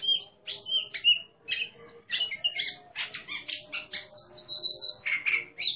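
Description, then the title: Oriental magpie-robin singing a fast string of short whistled and harsher chattering notes, with a steady low background hum. Competition bird singing in the ngeplong style, described as gacor (singing abundantly) and a national champion. "burung berkicau Kacer Ngeplong gacor Juara Nasional. burung Kacer"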